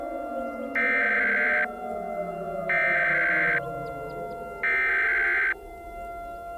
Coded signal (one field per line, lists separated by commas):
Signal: Emergency Alert System (SAME) tones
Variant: header bursts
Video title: The Attack of the Ender Dragon. An EAS Mock.